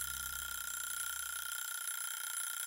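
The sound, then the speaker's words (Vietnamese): An alarm clock rings in a rented room in the early morning: a shrill, continuous ringing like a bell, steady and bright, with a low hum underneath that fades out about halfway through. No voices. “Ngay lúc ấy, một âm thanh chói tai vang lên. Chuồng báo thức réo inh ỏi.”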